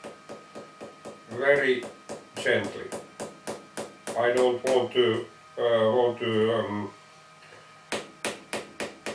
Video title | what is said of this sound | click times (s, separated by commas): FUM0125 Stirshurst Engine 6 | yeah, you can hear it's not all the way in. This was not successful. | 7.9 s, 8.2 s, 8.5 s, 8.8 s, 9.1 s